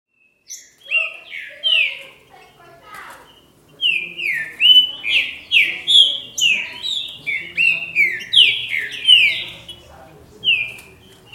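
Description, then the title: Green-winged saltator song: a fast, lively run of falling whistled notes, repeated in close succession and growing denser midway, with brief high chirps. "Trinca Ferro"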